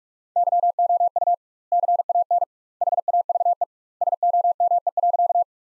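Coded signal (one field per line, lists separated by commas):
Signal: Morse code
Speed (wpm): 46 wpm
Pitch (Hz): 700 Hz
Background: none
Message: YOU CAN HAVE SOME.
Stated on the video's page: Morse practice sentences built from the top 100 words at 45 wpm with twice the standard word spacing, a word-based Farnsworth-like method.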